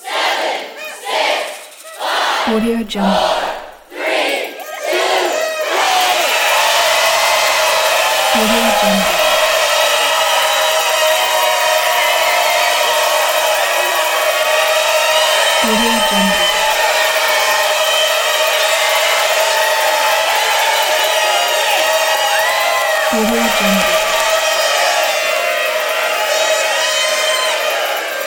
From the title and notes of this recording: New Year's Eve Celebrations Sound Effect.